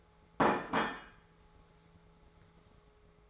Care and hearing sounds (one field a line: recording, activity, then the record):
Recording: daily activity, microphone in the room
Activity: place plate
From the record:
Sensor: 3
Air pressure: 1015.0 hPa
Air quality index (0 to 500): 209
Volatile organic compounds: 34 ppm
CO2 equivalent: 3046 ppm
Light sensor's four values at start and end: 32/76/34/36 and 33/76/34/36